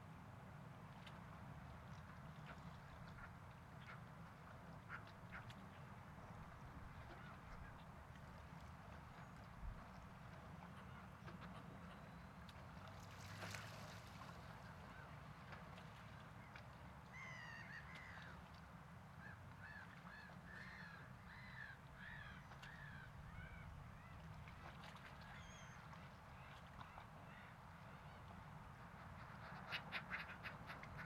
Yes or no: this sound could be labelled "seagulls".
yes